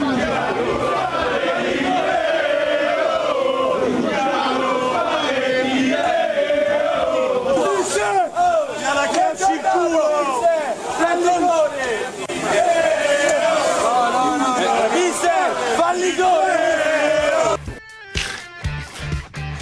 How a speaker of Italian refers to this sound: Questa era Rosella Sensi che dava il benvenuto a Luciano Spalletti, che è arrivato da Miami ed è stato accolto da altri cori di benvenuto da parte dei tifosi, o meglio cori, facciamo così, suggerimenti.